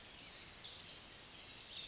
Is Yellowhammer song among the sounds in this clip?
no